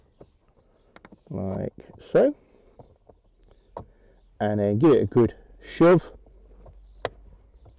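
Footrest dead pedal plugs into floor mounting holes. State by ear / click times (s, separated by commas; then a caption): seated / 7.1 s. A Jaguar XK8/XKR footrest (dead pedal) is pushed down so its two big round plugs go into the round holes in the floor, while someone talks. Soft knocks sound at the start, and the pedal snaps into position with a sharp click at 7.0 s, seating it.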